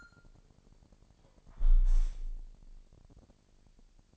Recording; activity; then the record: daily activity, microphone in the room; close window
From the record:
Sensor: 5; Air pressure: 999.9 hPa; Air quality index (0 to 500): 245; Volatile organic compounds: 33 ppm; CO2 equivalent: 3012 ppm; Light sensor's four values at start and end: 34/80/32/31 and 34/80/32/30